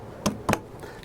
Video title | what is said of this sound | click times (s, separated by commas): Rivian Ski & Snowboard Mount by Yakima | get all three clicks like that all the way down and that's it they're all loaded in | 0.3 s, 0.5 s, 1.0 s